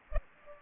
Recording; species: mosquito wingbeat signal from an infrared sensor; Aedes aegypti